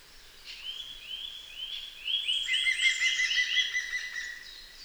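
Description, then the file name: Eurasian nuthatch: a series of whistled notes speeds up, then a lower run of rapid notes overlaps it. "Sitta europaea"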